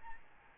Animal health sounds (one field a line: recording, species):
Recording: mosquito wingbeat signal from an infrared sensor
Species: Aedes albopictus